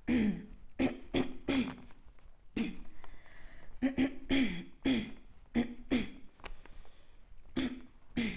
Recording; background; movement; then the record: throat clearing; quiet; walking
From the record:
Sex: female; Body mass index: 22.6 kg/m2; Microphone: on the chest, facing outward